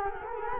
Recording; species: mosquito wingbeat signal from an infrared sensor; Culex quinquefasciatus